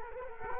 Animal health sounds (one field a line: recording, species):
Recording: mosquito wingbeat signal from an infrared sensor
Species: Culex quinquefasciatus